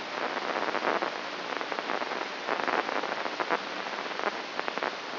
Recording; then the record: brain microelectrode recording played as sound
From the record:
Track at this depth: inside the subthalamic nucleus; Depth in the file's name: 4.23 mm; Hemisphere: left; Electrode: 3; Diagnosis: Parkinson's disease